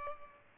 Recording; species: mosquito wingbeat signal from an infrared sensor; Aedes albopictus